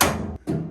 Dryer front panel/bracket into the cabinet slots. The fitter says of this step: Once it's right, it should click in with a very satisfying click.